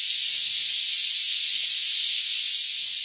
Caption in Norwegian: Tinnitusstøy. Det sånn som du bruker til og med for å kurere tinnitus også. Ja, sånn du kan maskere, for det er en hvit støy. Den så jevn, at det ikke er noe, det ikke noe rytme.